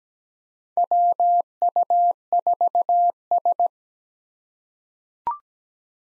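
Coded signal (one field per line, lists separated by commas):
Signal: Morse code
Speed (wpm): 17 wpm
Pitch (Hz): 700 Hz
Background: none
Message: WU4S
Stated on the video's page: Call sign head-copy practice of US four-character call signs at 17 wpm with Farnsworth timing using 2x character spacing; each call is sent in Morse, then spoken.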